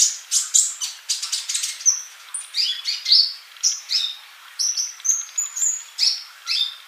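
Bird song of lively high chirps and sliding whistles, phrases following one another in a steady, fast series.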